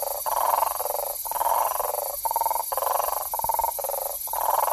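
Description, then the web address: Bufo typhonius group toad giving repeated purring trills, short pulsed bursts following one another almost without pause, over a steady high hiss. Recorded in the Ecuadorian Amazon, South America. "Frogs of Ecuadorian Amazon Bufo typhonius"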